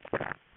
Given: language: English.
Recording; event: throat vibration sensor signal played as sound; swallow